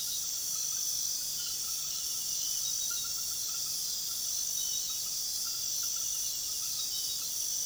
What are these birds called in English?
none